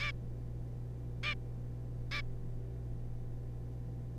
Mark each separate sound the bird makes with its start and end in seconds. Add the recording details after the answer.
0.01-0.12, 1.23-1.35, 2.11-2.22. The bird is a juvenile. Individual R3549